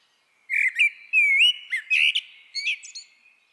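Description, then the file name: Common blackbird delivering a continuous run of squeaky, sliding whistles and brief chirps, steady and fairly high-pitched throughout. "Turdus merula"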